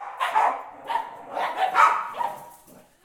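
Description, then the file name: Dogs barking: a quick run of sharp barks, several in close succession, fading out toward the end. Two dogs barking. "Perros (Ligeti y Malena) ladrando"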